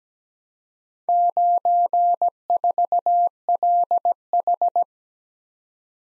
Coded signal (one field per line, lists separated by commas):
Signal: Morse code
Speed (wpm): 17 wpm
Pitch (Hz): 700 Hz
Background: none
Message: 94LH